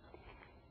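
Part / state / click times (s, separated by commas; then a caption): caster wheel into bird cage base / seated / 0.4 s. A caster wheel is pushed into its socket in the base of a GTmall Multi Stacker Expandable bird cage. After a brief knock at 0.1 s, a short, sharp click sounds at 0.4 s as the caster snaps into place and seats in the cage base.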